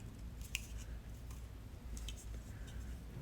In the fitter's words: he did not hear it yeah because the spring plate gets gets caught so